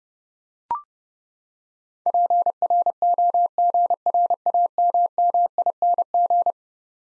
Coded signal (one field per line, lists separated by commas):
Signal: Morse code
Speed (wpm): 31 wpm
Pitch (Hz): 700 Hz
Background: none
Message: PROGRAMMING